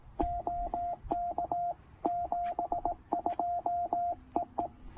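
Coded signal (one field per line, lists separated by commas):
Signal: Morse code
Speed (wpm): 18 wpm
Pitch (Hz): 690 Hz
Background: radio noise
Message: OK 72 EE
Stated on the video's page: Penntek TR-45L with Chelegance MC-750 antenna, short POTA activation on 20 meters.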